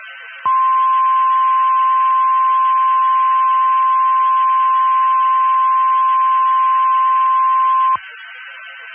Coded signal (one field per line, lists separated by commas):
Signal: Emergency Alert System (SAME) tones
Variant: 1050 Hz attention tone